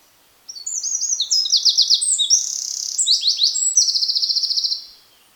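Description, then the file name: Eurasian wren song: a loud, fast, high-pitched outpouring of trills and sharp notes lasting about four seconds, ending in a rapid rattling trill; no other sounds. "Troglodytes troglodytes"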